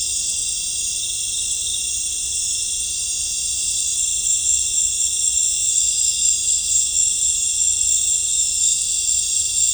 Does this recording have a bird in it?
no